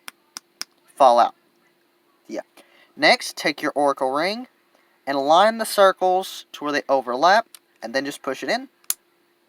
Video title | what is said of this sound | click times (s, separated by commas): NEW Beyblade Burst O.R.A.C.L.E System + Secret Gimmick!! 3D Printed Beyblade System! | hear the click | 8.9 s